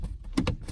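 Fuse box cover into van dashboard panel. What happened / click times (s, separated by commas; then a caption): The plastic cover clipped into place / 0.4 s, 0.5 s. The interior fuse box cover panel of a Ford Transit Custom van is pushed back onto the dashboard panel, and its plastic clips snap home with two sharp clicks at 0.4 s and 0.5 s. The cover is seated and secure.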